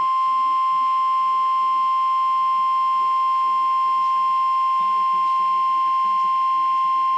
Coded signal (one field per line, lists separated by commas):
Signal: Emergency Alert System (SAME) tones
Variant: 1050 Hz attention tone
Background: speech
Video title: Weather Radio EAS #87 (Required Weekly Test)